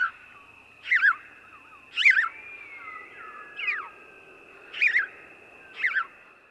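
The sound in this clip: House sparrow repeating emphatic chirps roughly once a second, one softer slurred note mid-sequence, against a constant thin high tone.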